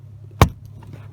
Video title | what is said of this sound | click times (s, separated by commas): How to dismantle Tundra Car Door and Child Lock | put link plastic till it clicks sure | 0.4 s